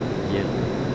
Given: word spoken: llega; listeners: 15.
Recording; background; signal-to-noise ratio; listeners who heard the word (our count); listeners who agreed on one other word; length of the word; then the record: one Spanish word in noise, from a listening test; speech-shaped noise; -4.5 dB; 1 of 15; 6 of 15; 0.55 s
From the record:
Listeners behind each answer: 6, 3, 1, 1, 1, 1, 1, 1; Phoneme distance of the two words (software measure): 34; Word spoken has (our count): 2 syllables, 4 phonemes, stress on syllable 1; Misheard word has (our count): 2 syllables, 4 phonemes, stress on syllable 1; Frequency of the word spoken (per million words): 114.42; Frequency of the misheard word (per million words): 20.91